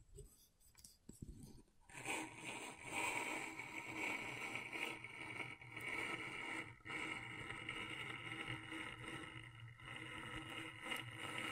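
Scratching on a scratchboard: after a near-silent opening with a few faint clicks, a dense, continuous rasping starts around two seconds and runs to the end. Steady whining tones ride through the scraping, which swells and dips slightly but never stops.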